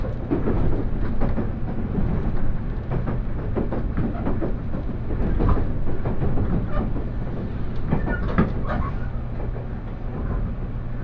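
Inside the Huis Ten Bosch limited express train, a steady low rumble continues with frequent rattling and clacking, denser around the middle and near eight seconds.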